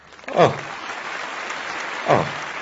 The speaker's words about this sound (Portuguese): É o que dá fazer programas gravados e eu peço palmas e elas vêm.